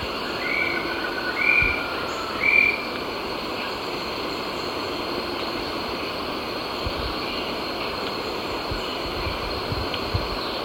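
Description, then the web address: Coppery-chested jacamar giving three short high whistles at the start, after which only a steady background chorus continues. Ecuador. "Natures Songs S America Birds of Ecuador 53 Coppery-chested Jacamar"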